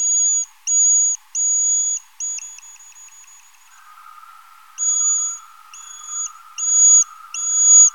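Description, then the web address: Eastern horseshoe bat calls: three long steady tones, then a run of short rapid pulses, a pause with only a low droning hum, then four more long tones. "Rhinolophus megaphyllus"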